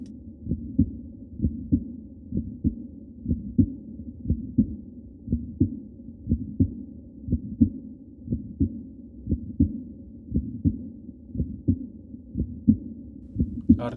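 Regular heartbeat at about 59 beats a minute, with a crisp aortic valve opening (ejection) click just after the first heart sound and a soft, fading, blowing aortic regurgitation murmur after the second, louder at Botkin's point (left sternal border). Man about 20 with a bicuspid aortic valve and aortic regurgitation.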